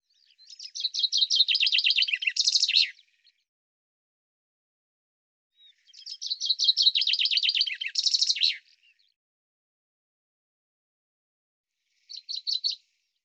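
Common chaffinch singing two full phrases of quick trilled notes, each closing with a flourish, followed by a brief fragment; otherwise quiet.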